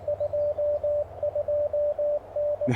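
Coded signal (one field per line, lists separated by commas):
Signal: Morse code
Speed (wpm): 22 wpm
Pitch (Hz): 590 Hz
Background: radio noise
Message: 22N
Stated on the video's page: QRP Parks on the Air activation on 20 and 40 meters with a Mountain Topper MTR-4B V2.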